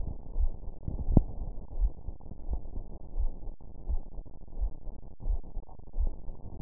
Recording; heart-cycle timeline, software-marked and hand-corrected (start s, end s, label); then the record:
heart sounds
0.00	0.12	S2
0.12	0.38	diastole
0.38	0.52	S1
0.52	0.68	systole
0.68	0.78	S2
0.78	1.08	diastole
1.08	1.24	S1
1.24	1.40	systole
1.40	1.50	S2
1.50	1.78	diastole
1.78	1.92	S1
1.92	2.08	systole
2.08	2.18	S2
2.18	2.48	diastole
2.48	2.60	S1
2.60	2.76	systole
2.76	2.86	S2
2.86	3.16	diastole
3.16	3.30	S1
3.30	3.46	systole
3.46	3.56	S2
3.56	3.86	diastole
3.86	4.00	S1
4.00	4.18	systole
4.18	4.28	S2
4.28	4.58	diastole
4.58	4.70	S1
4.70	4.86	systole
4.86	4.96	S2
4.96	5.26	diastole
5.26	5.40	S1
5.40	5.56	systole
5.56	5.68	S2
5.68	5.98	diastole
5.98	6.12	S1
6.12	6.26	systole
6.26	6.36	S2
6.36	6.62	diastole
From the record:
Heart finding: coronary artery disease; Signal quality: good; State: rest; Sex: female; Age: 61 years